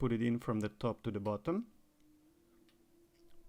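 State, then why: Not seated. Someone talks while the small lower board with the USB connector is slid into a Samsung S22 phone frame from top to bottom and lined up before being pushed down. After the talking stops around 1.7 s, only a faint steady hum and a few soft ticks remain. Nothing has seated or clicked yet.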